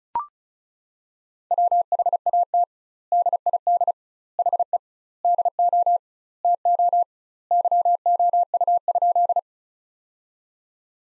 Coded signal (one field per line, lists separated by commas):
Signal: Morse code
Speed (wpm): 35 wpm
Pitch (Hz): 700 Hz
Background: none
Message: WHAT DID HE DO TO YOU?